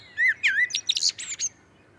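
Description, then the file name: Common blackbird song phrase: a looping fluted whistle, then a hurried jumble of high, squeaky twittering notes. "Turdus merula"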